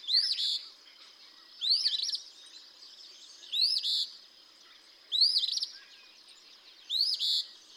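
Eastern phoebe gives five burry fee-bee phrases, each with a clipped rising start and a rough buzzy ending.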